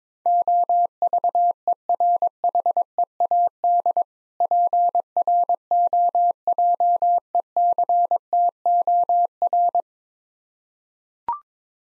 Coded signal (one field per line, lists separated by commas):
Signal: Morse code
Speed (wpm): 22 wpm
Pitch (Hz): 700 Hz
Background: none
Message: OVERHEAD PROJECTOR